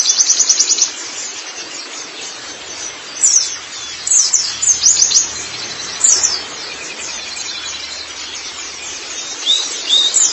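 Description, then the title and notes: White-eye song: high, scratchy twittering in short bursts separated by quieter gaps, with a few sharp downslurred chirps. "Kicauan Burung Pleci Durasi Panjang. Suara kicauan burung pleci"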